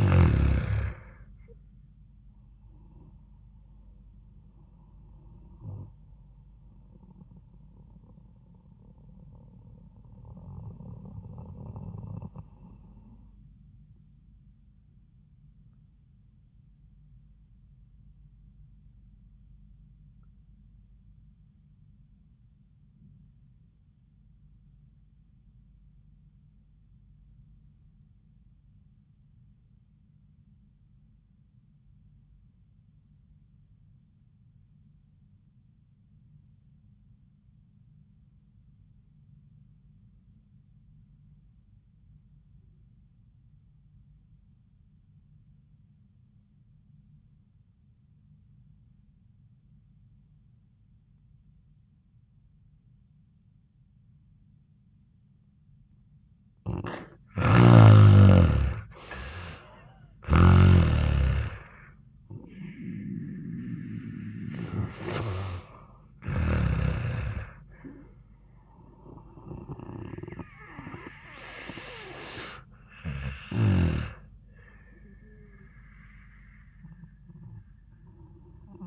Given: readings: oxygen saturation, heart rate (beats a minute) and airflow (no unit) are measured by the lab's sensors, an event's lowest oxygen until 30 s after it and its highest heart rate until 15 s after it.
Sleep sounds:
breathing in sleep by a smartphone at the bedside; 1
9.00-56.30 s: obstructive apnea (REM, oxygen 95% highest, then 73% lowest, heart rate 73 at the start, 85 highest)
From the record:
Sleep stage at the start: REM sleep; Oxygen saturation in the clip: 66 to 95%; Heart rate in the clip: 66 to 90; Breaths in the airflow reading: 5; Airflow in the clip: -10.3 to 4.1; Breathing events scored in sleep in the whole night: 400 in 8.7 hours asleep

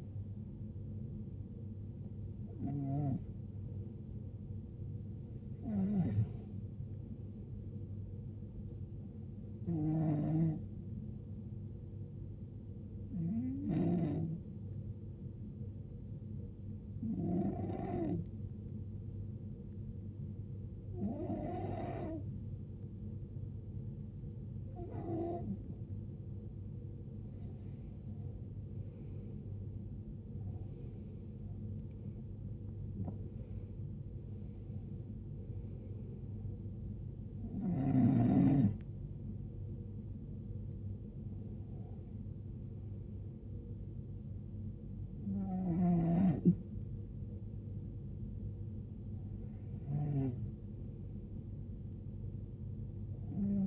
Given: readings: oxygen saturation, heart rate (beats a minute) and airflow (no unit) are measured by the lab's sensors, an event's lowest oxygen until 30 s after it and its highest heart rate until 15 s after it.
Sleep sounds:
breathing in sleep by a smartphone at the bedside; 1
12.00-31.70 s: hypopnea (N1, oxygen 95% highest, then 92% lowest, heart rate 80 at the start, 90 highest)
From the record:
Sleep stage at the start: N1 (lightest sleep); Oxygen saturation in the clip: 92 to 95%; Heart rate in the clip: 68 to 90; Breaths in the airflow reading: 15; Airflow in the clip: -14.1 to 15.4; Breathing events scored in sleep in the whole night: 389 in 6.3 hours asleep

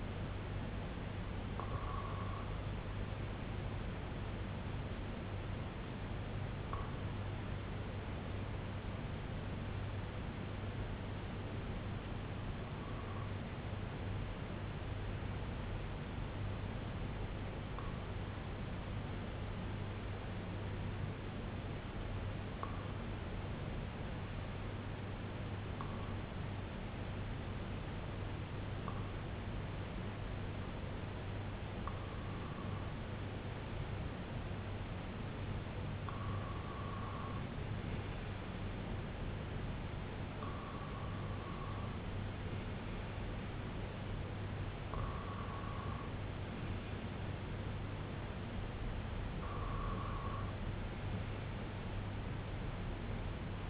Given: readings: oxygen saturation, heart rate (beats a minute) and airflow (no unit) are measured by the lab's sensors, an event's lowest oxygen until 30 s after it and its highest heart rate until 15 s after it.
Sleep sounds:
breathing in sleep by a voice recorder at the bedside; 1
6.00-31.80 s: hypopnea (N2, oxygen 96% highest, then 92% lowest, heart rate 60 at the start, 67 highest)
32.00-53.70 s: new sleep stage, N1 (lightest sleep)
From the record:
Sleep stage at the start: N2 (light sleep); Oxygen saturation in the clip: 92 to 96%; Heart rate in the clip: 58 to 73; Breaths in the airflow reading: 12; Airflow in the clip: -5.6 to 3.9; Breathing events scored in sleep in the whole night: 258 in 7.4 hours asleep

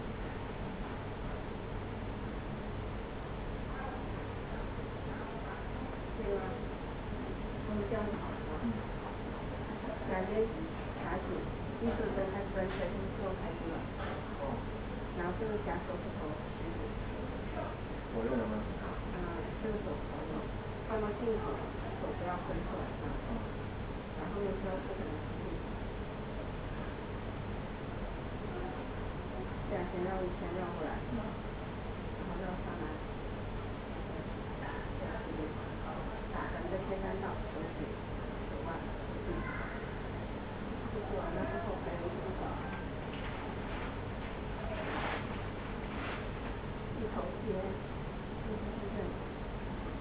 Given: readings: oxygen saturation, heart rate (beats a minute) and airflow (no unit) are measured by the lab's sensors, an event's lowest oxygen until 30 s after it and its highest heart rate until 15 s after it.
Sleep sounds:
a person awake in a sleep study, by a voice recorder at the bedside; none
0.00-50.01 s: awake
0.00-50.01 s: awake
From the record:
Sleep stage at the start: awake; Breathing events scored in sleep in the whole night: 210 in 6.9 hours asleep

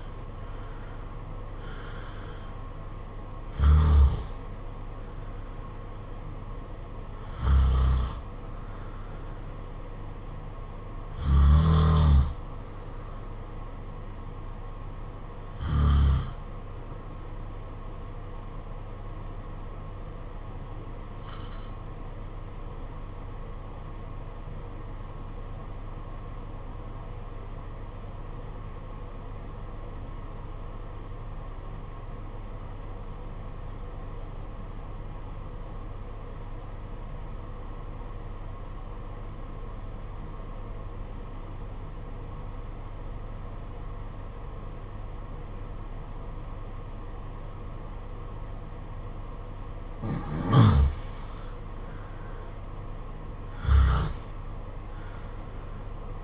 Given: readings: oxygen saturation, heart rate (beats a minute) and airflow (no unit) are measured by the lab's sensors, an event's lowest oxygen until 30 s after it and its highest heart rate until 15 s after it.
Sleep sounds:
breathing in sleep by a smartphone at the bedside; 1
24.00-50.40 s: obstructive apnea (N1, oxygen 96% highest, then 81% lowest, heart rate 50 at the start, 71 highest)
From the record:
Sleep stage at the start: N1 (lightest sleep); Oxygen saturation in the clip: 81 to 96%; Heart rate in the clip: 49 to 67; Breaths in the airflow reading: 7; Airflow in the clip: -10.4 to 12.5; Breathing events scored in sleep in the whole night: 476 in 9.7 hours asleep

